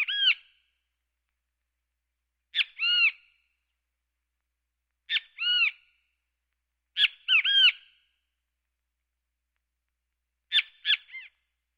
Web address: kiskadee flycatcher